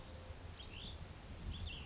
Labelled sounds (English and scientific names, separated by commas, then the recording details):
Cassin's Vireo (Vireo cassinii)
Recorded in Sonoma County, California